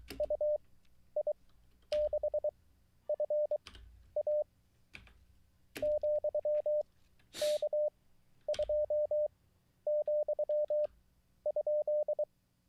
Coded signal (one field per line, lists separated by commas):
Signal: Morse code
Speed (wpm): 23 wpm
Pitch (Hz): 600 Hz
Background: none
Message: UI6FA ,K2,?